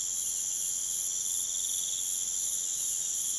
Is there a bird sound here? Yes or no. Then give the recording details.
no. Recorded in pastures near Puerto Asís, Putumayo, Colombia, on 27 June 2025 at 04:30. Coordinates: 0.486, -76.323. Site H29